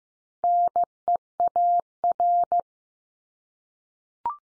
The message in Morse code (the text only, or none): NEAR